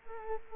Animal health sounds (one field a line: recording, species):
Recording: mosquito wingbeat signal from an infrared sensor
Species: Culex quinquefasciatus